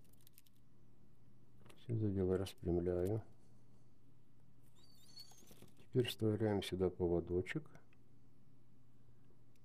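A fishing leader line is threaded onto a rig ring to tie a leader knot, with a few faint ticks of handling near 0.3, 0.4, 0.5 and 1.7 seconds while someone talks. Nothing has seated or clicked yet; the knot has not been pulled tight.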